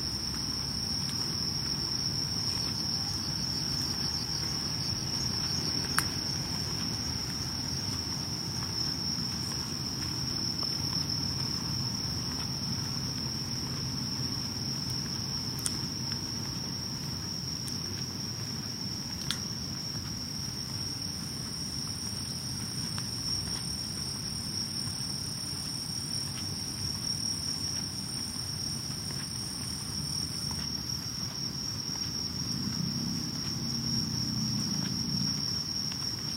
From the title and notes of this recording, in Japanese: とある夏の夜歩き。今回は夜近所を歩いてみました。